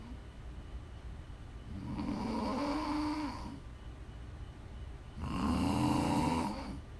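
Two loud, buzzing snores from an adult, about 3.5 seconds apart, roughly 17 breaths a minute. Each lasts close to two seconds and carries a low, droning, vibrating tone, with quiet breathing between them. Ordinary snoring, offered as ASMR for relaxing or falling asleep.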